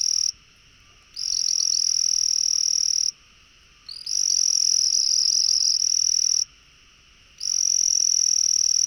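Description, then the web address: Frog trilling in high, steady bursts separated by brief pauses. "frog rec 150520"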